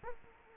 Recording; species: mosquito wingbeat signal from an infrared sensor; Culex quinquefasciatus